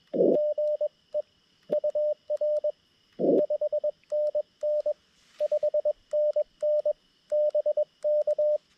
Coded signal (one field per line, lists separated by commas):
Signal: Morse code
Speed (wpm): 22 wpm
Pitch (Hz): 600 Hz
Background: radio noise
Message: GE UR 5NN 5NN BK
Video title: Ugly CW POTA at K-5221 with my new BaMaTech TP-III key and trusty old Xiegu G90